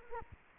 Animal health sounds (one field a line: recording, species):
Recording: mosquito wingbeat signal from an infrared sensor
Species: Culex quinquefasciatus